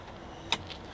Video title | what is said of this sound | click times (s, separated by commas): BRAND NEW 2020 JEEP WRANGLER 4 DOOR JL UNLIMITED SAHARA OCEAN BLUE WALK AROUND REVIEW 20J21 SOLD! | that locks into place like so | 0.5 s